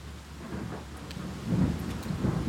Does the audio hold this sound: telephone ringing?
no